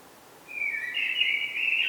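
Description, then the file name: Common blackbird calling: one drawn-out, whistled note, slightly wavering and stepping upward, lasting about a second and a half over a quiet background. "Turdus merula"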